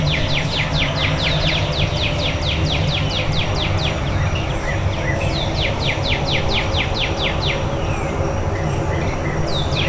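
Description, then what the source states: Bird song: long fast series of down-slurred chirps over a constant low background rumble. Before dawn.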